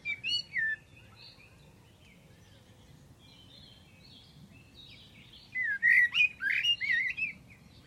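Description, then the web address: Bird singing: a brief burst of whistled chirps at the start, a quiet stretch, then a louder run of rapid warbling, twisting notes near the end. "Deverinetal. Bird Only"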